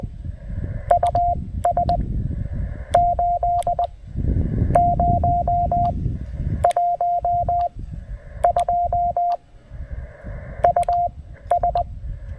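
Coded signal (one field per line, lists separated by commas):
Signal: Morse code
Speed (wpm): 20 wpm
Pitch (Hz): 700 Hz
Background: none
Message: US 8 0 1 2 US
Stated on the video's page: QRP Parks on the Air activation on 20 meters with a Penntek TR-45L, pocket paddle, and Packtenna Mini end-fed half-wave antenna.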